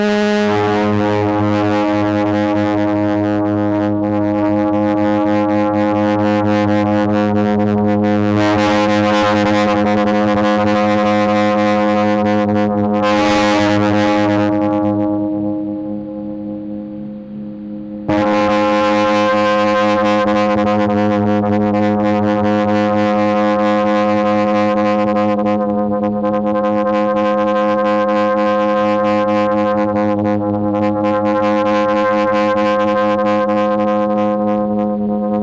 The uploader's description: Alarms & Sirens – Descending Siren